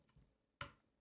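A memory module lowered into a motherboard DIMM slot has its left end pressed down, and the retention latch on that side snaps shut with a sharp click at 0.6 s. A faint low bump comes before it. Only the left side is latched here, and the right side still has to be pressed until it clicks too.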